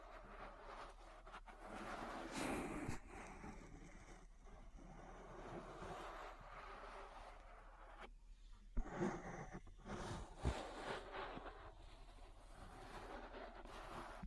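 An ear massage with close, continuous rubbing and brushing against the microphone, a soft, dense, rustling friction that shifts as the hands move. Sharper swipes stand out near the 2-, 9- and 10-second marks over a steady low hum.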